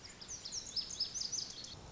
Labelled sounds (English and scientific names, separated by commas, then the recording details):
Lazuli Bunting (Passerina amoena)
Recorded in Sonoma County, California